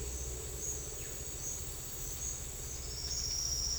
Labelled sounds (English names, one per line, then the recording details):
none
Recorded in secondary vegetation near Puerto Asís, Putumayo, Colombia, on 9 March 2025 at 09:30
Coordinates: 0.499, -76.323
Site G094